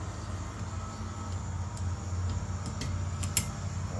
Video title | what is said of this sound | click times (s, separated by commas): Toyota Tacoma 2014 wiper blade replacement. | There we go. You hear the click there? | 3.4 s